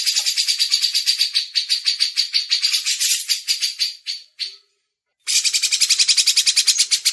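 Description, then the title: Grey-cheeked bulbul chattering in a long rapid buzzy series that breaks off, then resumes. Masteran training audio. "MASTERAN CUCAK JENGGOT"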